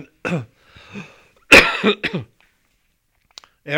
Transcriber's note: he coughs